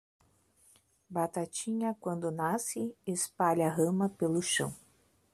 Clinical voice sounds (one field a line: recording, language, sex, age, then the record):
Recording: short text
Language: Brazilian Portuguese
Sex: female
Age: 30 to 39 years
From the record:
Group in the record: control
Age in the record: 38 years